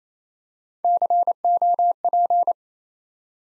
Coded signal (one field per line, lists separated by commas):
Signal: Morse code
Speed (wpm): 28 wpm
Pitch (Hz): 700 Hz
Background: none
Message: COP